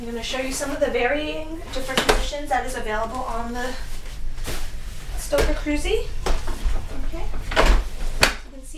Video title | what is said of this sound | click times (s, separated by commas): Stokke Crusi Stroller Demo | you can install it very easily you'll hear a nice audible click and this | 8.2 s